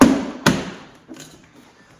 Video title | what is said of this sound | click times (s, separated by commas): New Products from Bolt! | Snaps in pretty easy. | 0.5 s